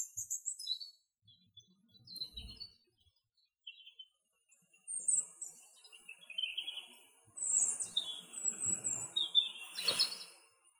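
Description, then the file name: European robin singing clear, high, liquid phrases that vary in pitch, separated by brief silences, with a sharp click near the end. "Robin"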